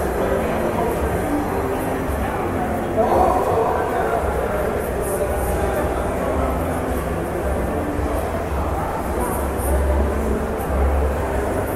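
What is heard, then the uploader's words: Shopping mall ambience: a steady, dense wash of overlapping voices and murmur fills a large indoor space, with no single speaker standing out. A low hum runs underneath throughout, and a brief louder clatter rises around three seconds in. SHOPPING MALL ASMR AMBIENT SOUND.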